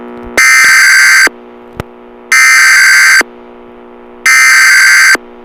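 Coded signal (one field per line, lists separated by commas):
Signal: Emergency Alert System (SAME) tones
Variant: header bursts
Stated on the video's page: Fictional EAS scenario, not a real alert.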